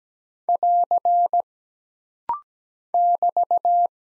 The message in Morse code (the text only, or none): <AR> <BT>